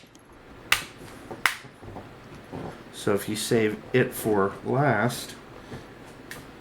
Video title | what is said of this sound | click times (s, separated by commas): Toshiba Satellite E45-B4100 Screen Replacement | usually save the bottom for last on this model that can be kind of tricky to get the bottom lined up in to snap in place so | 0.7 s, 1.5 s